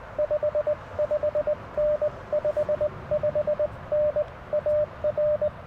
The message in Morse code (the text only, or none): 55N 55N AR